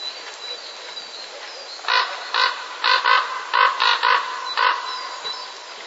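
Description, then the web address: Common raven producing a quick series of about eight coarse, raspy croaks after a quiet start, over background noise. Breeding-season calling of a raven. "wroblowe ptaki krucze gody. wroblowe ptaki kruk"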